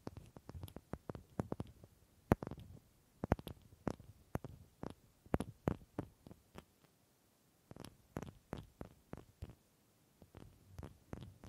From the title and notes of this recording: ASMR Simply Relaxing Wood Triggers for Sleep New Mic Test Tascam Portacapture X8 (No Talking).